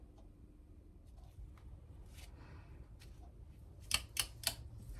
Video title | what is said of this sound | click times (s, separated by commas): Sunbeam Alpine: Making 'Special ' Tools | set to 60 lb when I can hear the torque wrench clicking at 60 ft-lb without any bending or defamation in the tool | 3.9 s